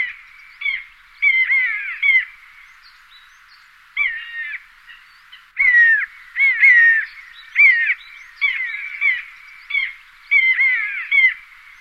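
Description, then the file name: Long-legged buzzard giving many short mewing calls that slur downward, coming in uneven bursts. "buteo rufinus"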